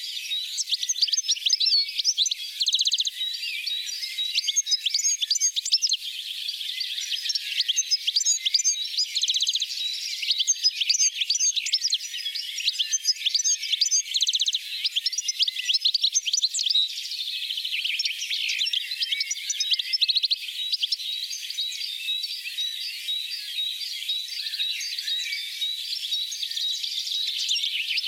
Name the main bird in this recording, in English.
European Goldfinch